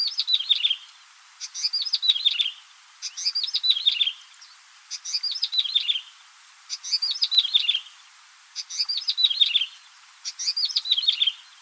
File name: suara prenjak rawa